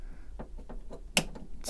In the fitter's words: We're going to bring this all the way up, and that is going to tab in.